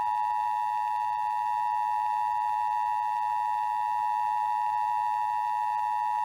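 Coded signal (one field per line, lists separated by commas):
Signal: Emergency Alert System (SAME) tones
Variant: 853 and 960 Hz attention tone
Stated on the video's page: Fictional EAS scenario recreating alerts from a northeast snowstorm.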